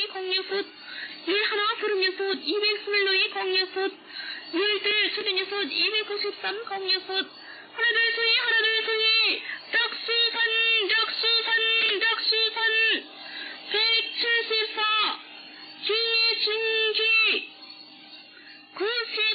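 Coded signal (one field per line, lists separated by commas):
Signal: numbers station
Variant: V28 The Parrot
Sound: a woman's voice slowly reading short, evenly spaced words over a narrow radio channel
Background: radio static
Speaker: next we'll come to V28 or the parrot this is a number station also alleged to be operated by North Korean intelligence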